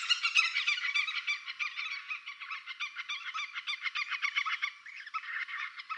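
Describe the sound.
Bird calls: a dense, continuous chatter of rapid squeaky notes.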